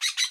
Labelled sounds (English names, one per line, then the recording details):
Brown-throated Parakeet contact call
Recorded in Bonaire
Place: 1 km E of roosting area just N of Seru Largu
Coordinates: 12.199, -68.268